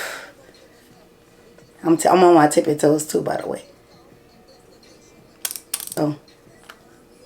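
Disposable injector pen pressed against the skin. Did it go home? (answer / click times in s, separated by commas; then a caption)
yes / 5.5 s, 5.7 s. Someone talks while pinching their skin and pressing a plastic disposable Ozempic injector pen against it. Sharp clicks from the pen sound at 5.5 s and 5.7 s during the injection, followed by a short exclamation. The injection is complete and all the medicine went in.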